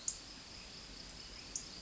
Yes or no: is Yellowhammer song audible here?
no